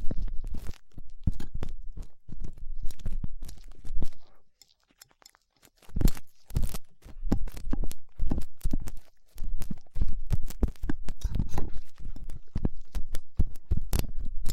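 Ear cleaning sounds with latex gloves, a dental pick and cotton swabs: dense, irregular crunching and crackling scrapes with soft thumps underneath. The rubbing comes in quick bursts, goes silent for about a second around 4.5 to 6 seconds, then resumes just as busily.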